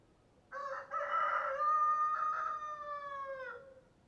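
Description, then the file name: Chicken crow: a rooster gives one full crow, brief first note, a break, then a long ringing phrase that drops slightly in pitch at the end. Rooster (adult male). "Rooster Crowing Sound"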